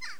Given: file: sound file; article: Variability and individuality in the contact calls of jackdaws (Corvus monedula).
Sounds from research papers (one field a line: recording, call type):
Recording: jackdaw call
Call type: harmonic